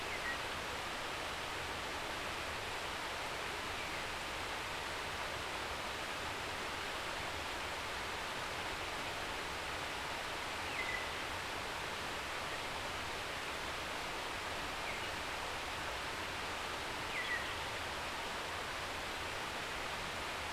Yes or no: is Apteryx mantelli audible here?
no